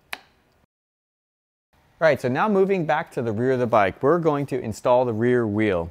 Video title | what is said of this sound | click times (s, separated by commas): INTENSE Tazer MX Alloy Unboxing | and then just snaps into into place | 0.1 s